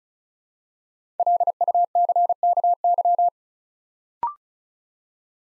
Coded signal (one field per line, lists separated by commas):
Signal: Morse code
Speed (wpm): 36 wpm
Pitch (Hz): 700 Hz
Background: none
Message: LUCKY